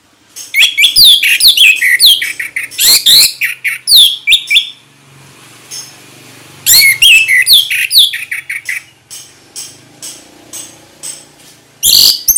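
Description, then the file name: Orange-headed thrush song, loud bursts of high, rich whistled and warbled notes with rapid sweeping phrases, pausing in the middle before another vigorous burst. Sung in the ngeplong style, described as gacor, meaning it sings readily and steadily. "anis merah gacor ngeplong"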